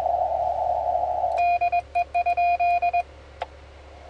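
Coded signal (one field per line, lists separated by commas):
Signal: Morse code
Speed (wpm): 21 wpm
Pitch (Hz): 2450 Hz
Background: radio noise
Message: DE?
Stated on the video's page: Mobile CW contact on 20m, 14.009 kHz, with a station in Italy.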